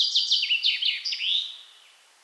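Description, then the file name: Common chaffinch song, heard as a run of bright, downslurred notes that descend in steps and finish in a short flourish before fading away. "Fringilla coelebs"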